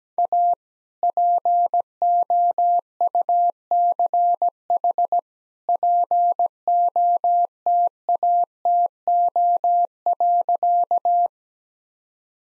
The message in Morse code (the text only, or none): A POUCH POTATO.